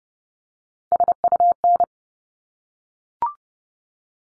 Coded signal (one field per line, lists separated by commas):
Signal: Morse code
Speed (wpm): 30 wpm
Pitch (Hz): 700 Hz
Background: none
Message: SUN